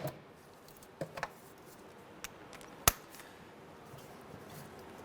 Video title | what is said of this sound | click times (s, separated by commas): How to Replace Idle Air Control Valve Honda Element 2003-2011 | this one's actually stripped out so we'll try and use the Phillips head option on that no | 2.9 s